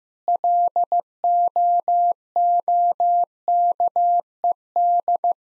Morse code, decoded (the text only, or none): LOOKED